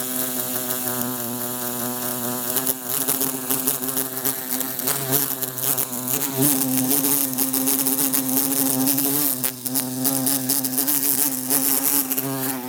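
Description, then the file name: Bumblebee buzzing in a low, steady drone with a stream of rapid tapping impacts against glass. Trying to escape through a closed window. "Bumblebee trying to escape thru closed window"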